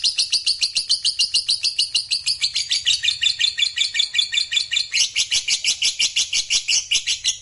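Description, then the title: Lovebird in a long, high chattering trill of rapid clipped notes, running unbroken for the whole stretch with a slight shift in tone late on. Fighter lovebird giving a long ngekek. "Begitu Dengar Suara Lovebird FIGHTER NGEKEK PANJANG"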